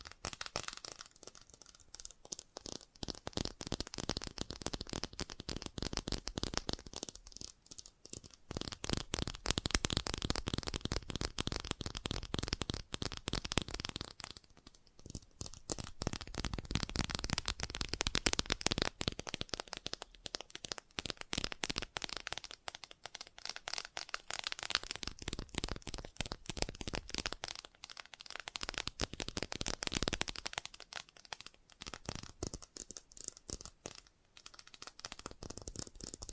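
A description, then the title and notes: Fast tapping runs in dense, rapid bursts of sharp clicks, crisp and bright like fingertips or nails on a hard surface. Brief pauses break the stream near 8, 15, 23 and 28 seconds before the quick rattling patter resumes at a steady loudness. FAST TAPPING (No Talking).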